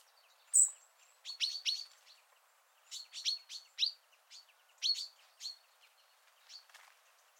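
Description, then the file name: Common chaffinch calls, bursts of high chirping notes in small groups with short pauses between, plus a brief sharper note early on, over faint hiss. "Fringilla coelebs"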